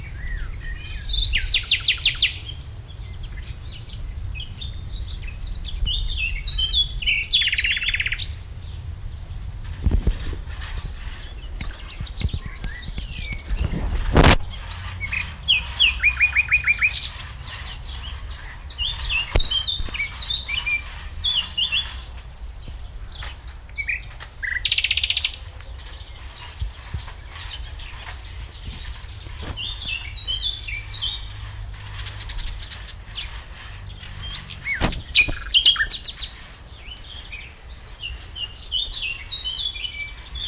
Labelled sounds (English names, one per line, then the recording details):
Common Nightingale song
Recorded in the wild
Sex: male
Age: adult
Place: Lübars, Sprintsteig, Berlin, DE
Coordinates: 52.6167, 13.3481
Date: 1998-05-01 11:20
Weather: fair, 17°C
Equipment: Sony MD-WM MZ-R3, Sennheiser MKH 416 T, Kopie Uher 4000 Report Monitor
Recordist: Tembrock, Günter